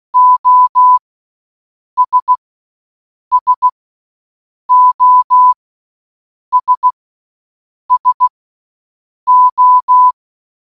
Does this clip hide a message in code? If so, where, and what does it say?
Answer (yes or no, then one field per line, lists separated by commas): yes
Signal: Morse code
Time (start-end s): 0.2-10.1 s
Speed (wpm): 16 wpm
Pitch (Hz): 1000 Hz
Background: none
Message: OS SOS SO